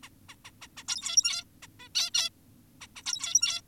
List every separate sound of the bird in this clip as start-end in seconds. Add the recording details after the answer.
0.03-0.09, 0.29-0.36, 0.45-0.51, 0.62-0.68, 0.77-0.84, 0.88-1.44, 1.63-1.67, 1.80-1.88, 1.95-2.10, 2.14-2.30, 2.81-2.87, 2.96-3.02, 3.06-3.62. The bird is an adult. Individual g17y2U